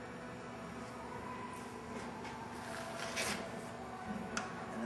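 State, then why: Seated. A foam gun's injection nozzle is pushed into the injection hole in an Insulspan SIP panel joint, with a steady low background noise and a few brief hissy bursts. A single short hit is heard at 4.4 seconds as the nozzle seats and locks in place.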